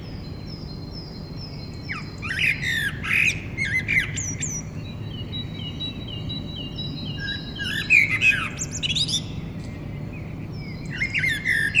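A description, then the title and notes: Several birds sing at once in a dawn chorus, with bursts of bright chirps and trills clustering around the two-to-four, eight, and eleven-second marks. A thin, high repeated note threads through much of it, over a steady low outdoor rumble. Ochtend zang/Dawn Chorus The Hague.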